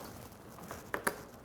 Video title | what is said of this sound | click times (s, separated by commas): Motorcycle Gear - Setup for Different Destinations | so and you hear that click and you turn the key back and now it's locked | 0.9 s, 1.1 s